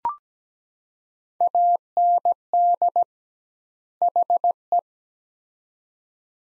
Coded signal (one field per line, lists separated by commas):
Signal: Morse code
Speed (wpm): 17 wpm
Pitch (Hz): 700 Hz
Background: none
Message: AND HE